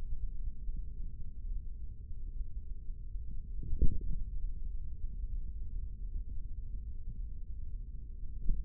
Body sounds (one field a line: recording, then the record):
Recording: forearm muscle sounds (acoustic myography)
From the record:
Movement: tripod grip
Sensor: system 3, bracelet of six PUI Audio POM-2738L microphones around the upper forearm, with dedicated amplification and filtering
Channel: 1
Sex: male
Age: 55 years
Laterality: right